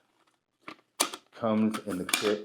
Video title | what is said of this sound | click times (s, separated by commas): Gear Review: Roughridge Stove Co. | And that locks into place. | 1.0 s